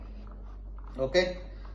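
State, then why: Not seated. A buoyancy-control weight is being fitted onto an underwater scooter, meant to drop into a notch in the center and lock. Over a low steady hum with a few faint ticks, someone talks briefly near the end. Nothing has seated or clicked yet.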